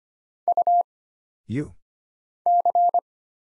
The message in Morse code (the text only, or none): U C